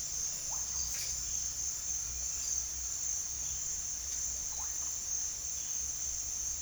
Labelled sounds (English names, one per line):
none